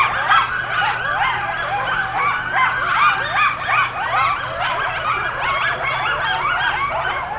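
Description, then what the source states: Coyotes in a frantic yipping chorus, rapid high yelps and short wavering howls tumbling over one another throughout, with a low steady hum beneath. Several coyotes recorded at night with night ambience.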